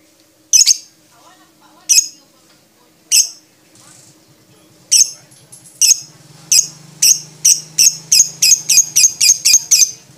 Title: MASTERAN BURUNG 2. Kicau Suara Burung Lovebird Juara Suara Bening